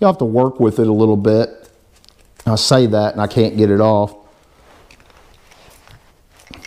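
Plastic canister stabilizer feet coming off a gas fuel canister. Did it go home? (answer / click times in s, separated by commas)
released / 6.5 s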